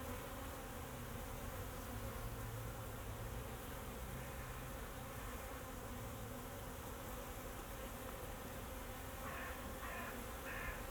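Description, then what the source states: Bees buzzing in a constant, dense drone; near the end three short harsh bird calls sound over the hum. Bees flying around the recordist in Jacques Brelpark, Kersbeeklaan, Vorst, Belgium; train in background; recorded binaurally with a Sennheiser Ambeo binaural headset.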